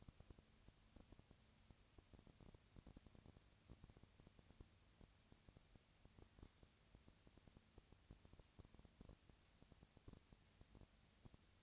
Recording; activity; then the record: daily activity, microphone in the room; no activity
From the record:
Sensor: 2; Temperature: 20.1 degrees Celsius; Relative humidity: 35.5%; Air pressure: 996.9 hPa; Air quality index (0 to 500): 197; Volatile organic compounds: 30 ppm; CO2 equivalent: 2955 ppm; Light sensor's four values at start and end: 2/3/2/2 and 2/3/2/2